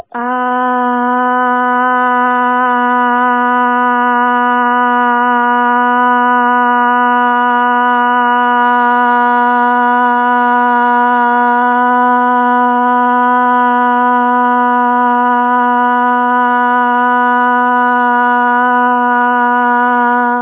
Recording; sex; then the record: sustained vowel /a/; female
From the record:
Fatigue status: no fatigue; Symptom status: symptomatic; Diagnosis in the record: COVID-19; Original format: 3gp